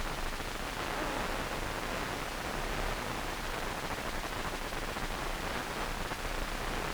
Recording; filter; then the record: brain microelectrode recording played as sound; wide band, above 20 Hz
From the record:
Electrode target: subthalamic nucleus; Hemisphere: right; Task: reaching with the left hand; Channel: 2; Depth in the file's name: 1.506 mm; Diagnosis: Parkinson's disease